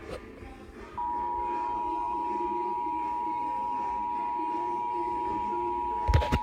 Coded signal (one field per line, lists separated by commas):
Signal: Emergency Alert System (SAME) tones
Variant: 853 and 960 Hz attention tone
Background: music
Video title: EAS #38 Required Monthly Test